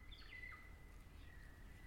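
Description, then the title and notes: Kaka song: a short fluty phrase of falling whistled notes, then a long, steady, faint whistle, with low background rumble. Kakas, a large parrot species, singing an eerie dusk chorus in late spring at the Karori Sanctuary near Wellington, New Zealand. "It's late spring at the Karori Sanctuary near Wellington, New Zealand and the kakas – a large species of parrot – are singing their eerie dusk chorus. Recorded by Margaret Bartlett"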